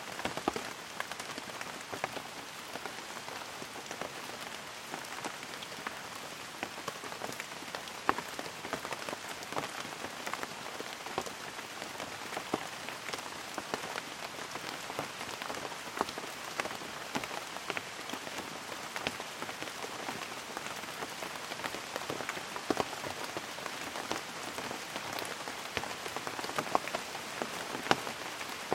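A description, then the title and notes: Jungle rain falls steadily, a dense patter of drops striking leaves and surfaces. Sharp individual splats crackle constantly through the bright hiss, with occasional louder drips standing out, and the low end stays quiet throughout. Costa Rica - Jungle Rain. Recording soundscapes in the rainforests and cloud forests of this beautifully green Central American country.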